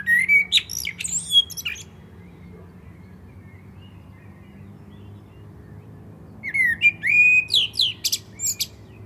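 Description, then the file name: Common blackbird song: a phrase of whistles and high twitters, a long pause, then another phrase starting with low fluty notes and rising into squeaky chatter. "Turdus merula"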